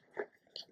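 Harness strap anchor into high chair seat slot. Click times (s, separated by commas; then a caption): 0.6 s. A harness strap anchor is fed through the front slot of a TotTent 6 in 1 baby high chair seat, then through the back, and pushed until it locks into the seat. A dull rubbing push is heard around 0.2 s. A sharp, short click at 0.6 s marks the anchor locking into place.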